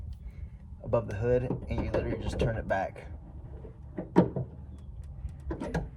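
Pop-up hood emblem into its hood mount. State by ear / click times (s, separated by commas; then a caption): seated / 5.5 s, 5.8 s. Someone talks while the spring-loaded pop-up hood emblem on a Mercedes-Benz E320, held by its top above the hood, is turned back by hand until it locks into its base in the hood mount. Two sharp clicks are heard at 5.5 s and 5.8 s, and the emblem is seated back in place.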